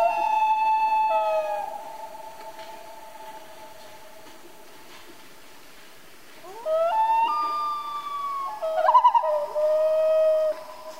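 Common loon wailing: a sustained note that fades away, then after a pause further wails with rising starts.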